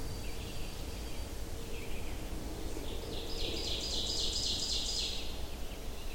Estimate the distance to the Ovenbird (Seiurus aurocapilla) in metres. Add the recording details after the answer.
about 35 m. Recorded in boreal forest in Alberta, Canada, on 25 June 2016 at 06:36. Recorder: SongMeter 3, array SBT-6-76. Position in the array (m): 34 m, 104 m. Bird 2